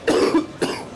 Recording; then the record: coughing mixed with background sound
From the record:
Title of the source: Coughing 77